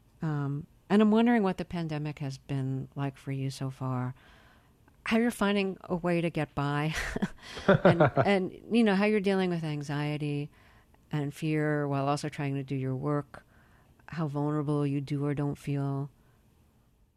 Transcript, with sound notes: And I'm wondering what the pandemic has been like for you so far, how you're finding a way to get by...
(LAUGHTER)
...And, you know, how you're dealing with anxiety and fear while also trying to do your work, how vulnerable you do or don't feel.